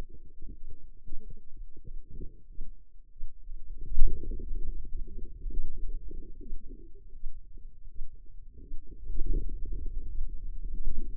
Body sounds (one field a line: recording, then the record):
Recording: forearm muscle sounds (acoustic myography)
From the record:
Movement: hand opening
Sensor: system 2, bracelet of six BSWA MPA416 microphones around the upper forearm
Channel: 2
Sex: female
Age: 25 years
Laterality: right